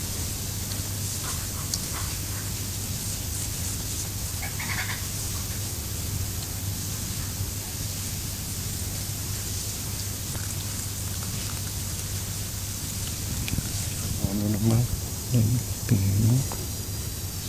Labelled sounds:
White-faced Saki contact call
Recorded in captivity
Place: Zoo Halle, Sachsen-Anhalt, DE
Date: 2005-10-10 11:33
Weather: bedeckt, 10°C
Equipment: Panasonic RQ-2102, Sennheiser ME 80, Kopie Uher 4000 Report Monitor
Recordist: Tembrock, Günter
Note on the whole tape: Begegnungslaute

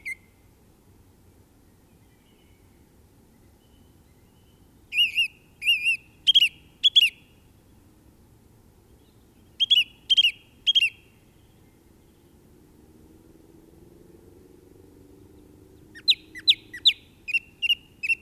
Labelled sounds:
Song Thrush song
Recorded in the wild
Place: Garmisch-Partenkirchen, Bayern, DE
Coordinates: 47.5067, 11.085
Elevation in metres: 710
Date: 1969-04-05
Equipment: Nagra
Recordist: Tretzel, Erwin
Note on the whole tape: Oberhalb Sonnenbichl, Garmisch-Partenkirchen: Gesang

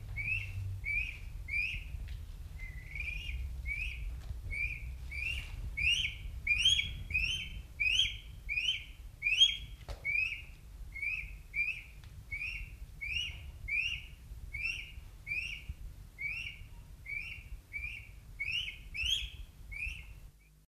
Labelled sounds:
Blue Crane begging call
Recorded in captivity
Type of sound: begging call
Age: juvenile
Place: Zoo Frankfurt, Rheinland-Pfalz, DE
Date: 1969-10-02
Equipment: Halbspur, 9,5 cm/s
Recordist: Lütgens, Hans
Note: 2-Monatige betteln. Zoo Frankfurt/Main

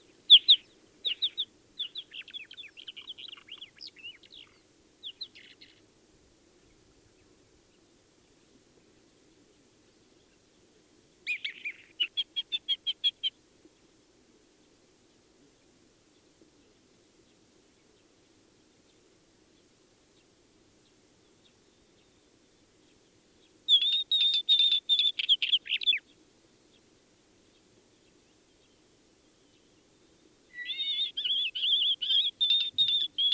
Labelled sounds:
Isabelline Shrike
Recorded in the wild
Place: Wüste Gobi, MN
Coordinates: 42.94, 105.082
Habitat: Desert
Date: 1979-06-02
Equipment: Nagra III BH, Sennheiser MD 21, parabola
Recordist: Schubert, Michael
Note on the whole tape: Gesang und Rufe Isabellsteinschmätzer im sitzen

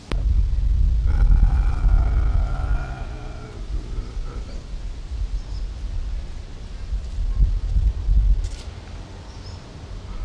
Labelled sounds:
Eurasian Lynx growling
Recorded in captivity
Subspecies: kolzovi
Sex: male
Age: adult
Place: Zoo Leipzig, Sachsen, DE
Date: 1977-09-12 12:45
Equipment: Nagra SN, Kopie Uher Variocord
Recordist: Tembrock, Günter

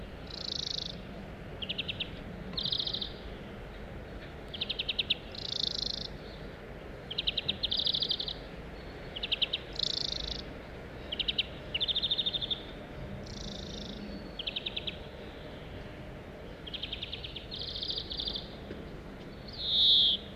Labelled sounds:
European Greenfinch call
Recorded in the wild
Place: Remscheid, Nordrhein-Westfalen, DE
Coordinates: 51.16, 7.15
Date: 1995-03-18
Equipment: Sony WM-D6C
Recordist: Skiba, Reinald

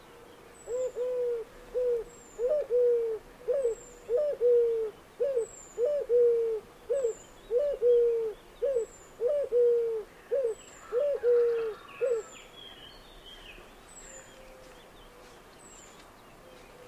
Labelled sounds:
Eurasian Collared Dove
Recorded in the wild
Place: Tiuccia, Corsica, FR
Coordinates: 42.0703, 8.73083
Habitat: urban place
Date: 2011-07-23
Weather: 15°C, sunny, weak winds
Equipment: Fostex FR2-LE, Sennheiser ME66, Popschutz
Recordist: Frommolt, Karl-Heinz

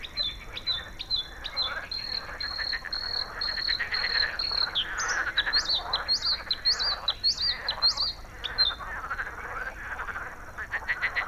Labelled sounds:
Bluethroat song
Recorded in the wild
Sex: male
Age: adult
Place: Gartz (Oder), Nationalpark Unteres Odertal, Brandenburg, DE
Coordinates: 53.1463, 14.366
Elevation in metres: 1
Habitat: meadow
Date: 2014-05-07 21:58
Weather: cloudy, 18°C, almost windless
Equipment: Sound Devices 702, Sennheiser MKH 70, Rycote Windschutz
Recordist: Frommolt, Karl-Heinz

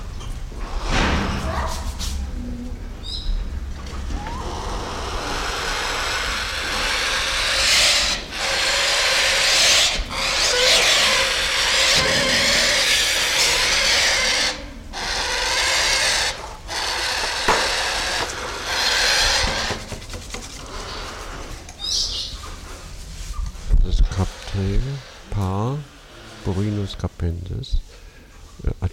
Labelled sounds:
Spotted Thick-knee hissing
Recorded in captivity
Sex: pair
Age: adult
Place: Zoo Berlin, Berlin, DE
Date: 1993-01-30 11:20
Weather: -6° C, sonnig
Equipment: Marantz CP 430, Sennheiser ME 80, Kopie Uher Variocord 263
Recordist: Tembrock, Günter

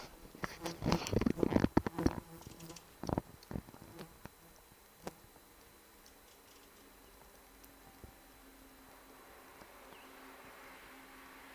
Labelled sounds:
Common Chiffchaff song
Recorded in the wild
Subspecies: abietinus
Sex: male
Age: adult
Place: Hemsjö, Jämtland, Jämtlands län, SE
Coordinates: 62.7167, 15.5667
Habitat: spruce forest
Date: 1971-07-11 13:30
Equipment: Nagra III PH, MD 211
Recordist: Fichtel and Schneider, H.-J

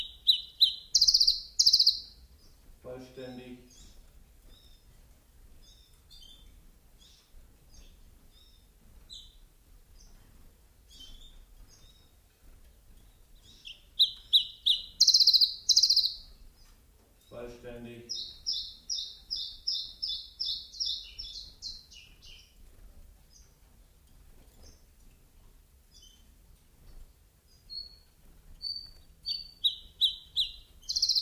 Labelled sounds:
Common Chiffchaff
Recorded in captivity
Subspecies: collybita
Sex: male
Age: adult
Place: Zoologisches Institut Universität Tübingen, Spanierzimmer, Baden-Württemberg, DE
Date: 1969-06-13
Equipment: Nagra III PH, MKH 805, PES 26
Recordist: Schneider, Hans-Joachim
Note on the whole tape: Männchen blau/blau -rot/gelb aus eignerer Zucht 1967: sonderbare Gesänge mit brehmii-artigen Triller. MaAs: U.K

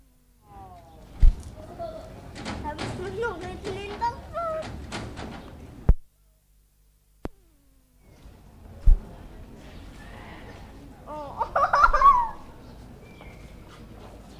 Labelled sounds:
Lion
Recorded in captivity
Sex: pair
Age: adult
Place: Zoo Leipzig, Sachsen, DE
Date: 1959-09-17 13:45
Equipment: Reporter (Vollspur)
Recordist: TSA
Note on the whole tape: Paar: Laute bei der Begattung (dreimal). Abstand 5-8 m. Aufnahmezeit: 13.45-14.20 Uhr

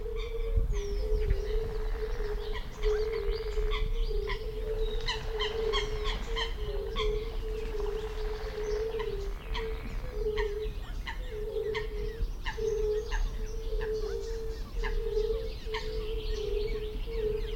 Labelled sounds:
Fire-Bellied Toad
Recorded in the wild
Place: Linum, Brandenburg, DE
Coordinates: 52.76, 12.88
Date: 1995-06-03 19:15
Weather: heiter, Luft 15,3°C, Wasser 18,5°C
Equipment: Marantz CP 430, Sennheiser ME 80, Kopie Uher 4000 Report Monitor
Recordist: Tembrock, Günter

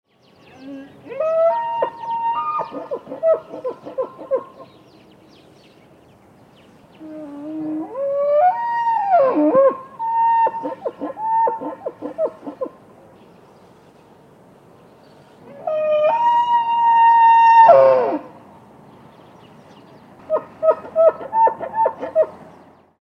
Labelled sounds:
Wapiti
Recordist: Tembrock, Günter
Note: Hirsch: Rufe

